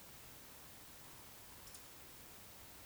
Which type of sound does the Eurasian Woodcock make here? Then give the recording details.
whistle, croak. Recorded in Baden-Württemberg, Germany, on 19 June 2020 at 20:04 UTC. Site 49006, 684 m above sea level